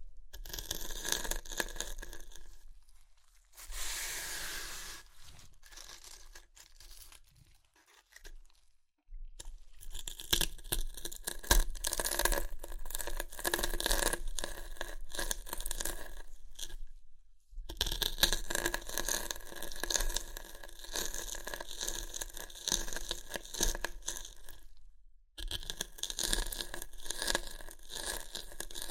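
Crunchy chips being crushed and eaten, with dense bursts of crackling and crinkling that run for several seconds at a time. A bright rustle near four seconds, then long crunchy stretches from about ten to seventeen and eighteen to twenty-five seconds, split by brief silences.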